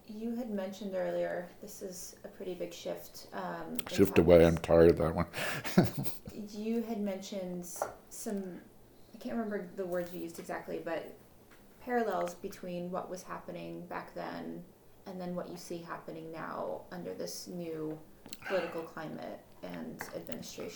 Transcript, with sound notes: You had mentioned earlier, this is a pretty big shift—
Shift away, I'm tired of that one. [laughter]
You had mentioned some—I can't remember the words you used exactly, but parallels between what was happening back then and then what you see happening now under this new political climate, and administration.